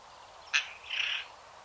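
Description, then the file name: Eurasian Jay call: a sharp click followed by a longer, hoarse rasping note, heard once against a quiet background. "Garrulus glandarius"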